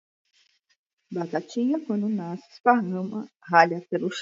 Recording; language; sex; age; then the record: short text; Brazilian Portuguese; female; 40 to 49 years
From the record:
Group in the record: control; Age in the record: 47 years